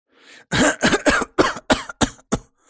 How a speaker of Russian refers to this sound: Откашлялся Антон.